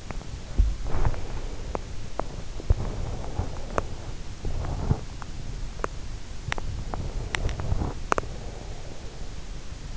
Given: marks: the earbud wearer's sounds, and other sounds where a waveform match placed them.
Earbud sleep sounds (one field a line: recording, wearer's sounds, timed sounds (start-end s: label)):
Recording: sounds in sleep by an in-ear microphone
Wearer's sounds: teeth grinding, breath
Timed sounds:
0.00-8.41 s: teeth grinding
0.71-4.29 s: breath
6.63-9.45 s: breath